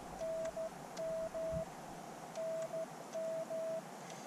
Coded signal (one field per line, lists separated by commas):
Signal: Morse code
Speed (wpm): 14 wpm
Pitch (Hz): 650 Hz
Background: radio noise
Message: NM NM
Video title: QRP Adventure. Thank goodness for CW. Portable Ham Radio.